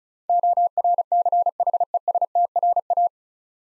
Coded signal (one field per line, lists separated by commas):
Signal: Morse code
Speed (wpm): 35 wpm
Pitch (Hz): 700 Hz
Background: none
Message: ORCHESTRA